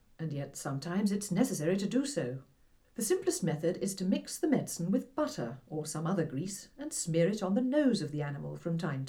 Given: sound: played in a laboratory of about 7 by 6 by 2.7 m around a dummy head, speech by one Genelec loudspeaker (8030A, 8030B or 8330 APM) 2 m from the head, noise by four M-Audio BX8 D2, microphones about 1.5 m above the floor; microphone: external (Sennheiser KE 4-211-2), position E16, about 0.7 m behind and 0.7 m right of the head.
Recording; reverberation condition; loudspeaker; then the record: female speech in English; low; 90 degrees to the right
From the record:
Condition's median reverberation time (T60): about 310 ms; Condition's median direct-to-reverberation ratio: about 3.5 dB